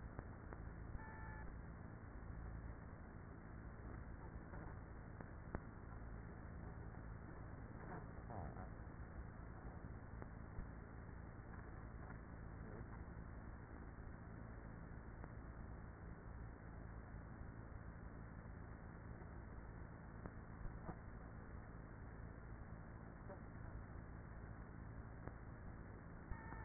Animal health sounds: honeybee colony, microphone inside the hive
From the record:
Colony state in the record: queenless with a low population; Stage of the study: after two queens were removed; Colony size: about 30,000 bees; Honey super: no

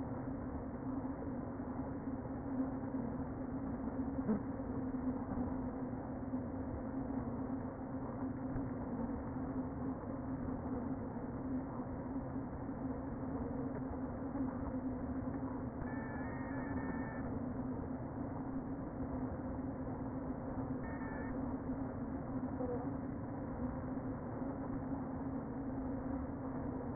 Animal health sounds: honeybee colony, microphone inside the hive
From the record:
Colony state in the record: queen present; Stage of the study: before two queens were removed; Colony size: about 60,000 bees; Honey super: yes

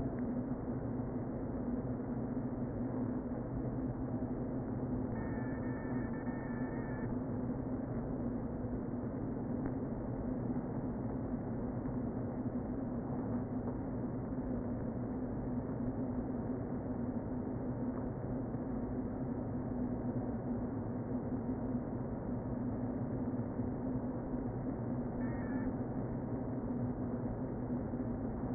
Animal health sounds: honeybee colony, microphone inside the hive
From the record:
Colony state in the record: queen present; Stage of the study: before two queens were removed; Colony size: about 60,000 bees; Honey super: yes

